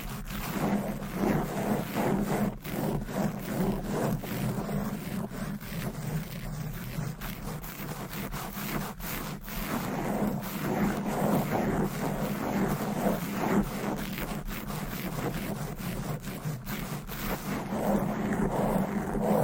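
Fast, aggressive tapping and scratching with nails on different items, a dense, busy stream of sharp clicks and scrapes running the whole time without pause. A steady low hum sits underneath, and the sound grows slightly louder and rougher toward the end.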